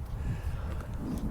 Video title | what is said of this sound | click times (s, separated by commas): CR Podcast Snippet CollectorCarCanada.CA - Ep 17 - 2002 Porsche 911 Targa 6-Speed Manual | now you'll hear a click right now | 0.8 s